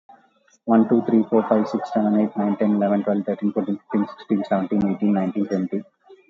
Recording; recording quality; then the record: counting at a fast pace; excellent, no background noise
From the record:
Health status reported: COVID-19 positive, moderate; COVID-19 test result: positive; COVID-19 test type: RT-PCR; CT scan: taken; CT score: 0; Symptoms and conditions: cough, cold, breathing difficulty, sore throat, fever, fatigue, muscle pain, diarrhoea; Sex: male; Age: 31 years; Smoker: no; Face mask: worn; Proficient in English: yes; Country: India